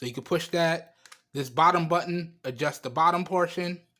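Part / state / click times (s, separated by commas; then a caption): adjustable bottom grip arm in a cup holder phone cradle / not seated / none. Someone talks while handling an Allvcover smartphone cup holder mount, pressing the release button on the back of the plastic phone cradle to adjust the height of its bottom grip arm. Only speech is heard, and the arm has not yet clicked into place.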